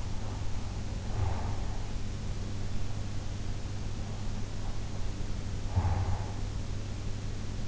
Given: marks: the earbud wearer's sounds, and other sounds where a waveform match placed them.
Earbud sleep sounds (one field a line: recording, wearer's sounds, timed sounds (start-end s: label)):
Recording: sounds in sleep by an in-ear microphone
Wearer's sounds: snoring breath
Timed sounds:
0.00-2.19 s: snoring breath
5.60-6.88 s: snoring breath